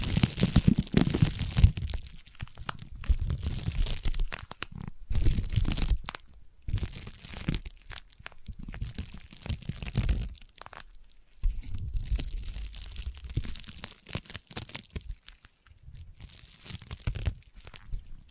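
Sticky tapping and peeling sounds crackle in dense, uneven bursts, with brief pauses around five, eleven and sixteen seconds, no talking.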